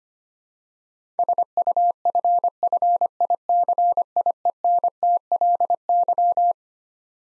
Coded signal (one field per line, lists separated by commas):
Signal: Morse code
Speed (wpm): 25 wpm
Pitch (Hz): 700 Hz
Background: none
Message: SUFFICIENTLY